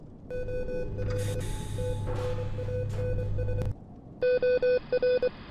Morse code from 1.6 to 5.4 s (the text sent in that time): TRANS OR